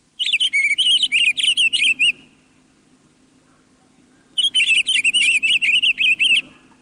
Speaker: A pine grosbeak warbles sweetly from the scattered evergreens as our climb reaches the high subalpine.